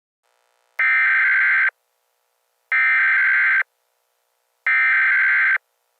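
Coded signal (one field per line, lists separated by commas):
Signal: Emergency Alert System (SAME) tones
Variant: header bursts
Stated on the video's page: Fictional alert scenarios from a serialized series, not real broadcasts.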